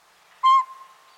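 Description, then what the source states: Northern Pygmy-Owl hoot: a single short, clear whistled toot on one pitch, with a faint tone trailing after it. Pint-sized owl hooting from a northwest treetop on a winter morning.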